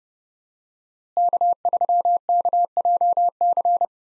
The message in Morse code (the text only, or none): K3KJC